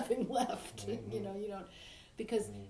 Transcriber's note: laughs